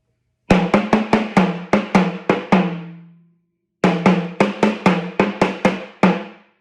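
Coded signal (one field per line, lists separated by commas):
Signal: talking drum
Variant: Yoruba Sakara drum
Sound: two phrases of resonant drum strokes, about eight then nine, with shifting low pitch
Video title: Ifa ni o pa ẹni to fi oju ekurọ wo Ọrunmila - by Jammal.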